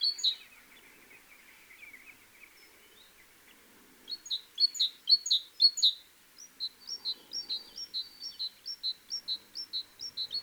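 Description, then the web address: Great tit giving sharp high notes: a few at first, then a loud rapid series, then an even train of clipped notes. "SETE Parus major"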